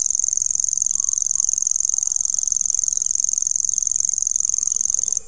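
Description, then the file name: Common grasshopper warbler reeling song: a high, dry, insect-like trill held unbroken for about five seconds, then cutting off abruptly at the end. "grasshopper warbler omkicau"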